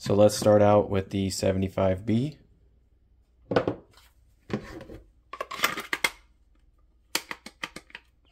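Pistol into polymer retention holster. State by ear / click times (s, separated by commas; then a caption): seated / 7.1 s. Someone talks, then a CZ 75B pistol is handled and pushed into a Safariland 578 GLS Pro Fit polymer holster fitted with a retention shim, with short handling clicks and scrapes around 5.6–6.1 s. The grip-locking retention engages with a sharp click at 7.2 s, followed by a few lighter clicks, giving a positive retention lock.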